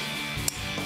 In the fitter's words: so when you hear that click um that means you're you're to torque uh